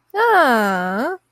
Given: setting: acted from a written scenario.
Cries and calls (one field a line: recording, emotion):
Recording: vocal sound without words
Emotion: positive surprise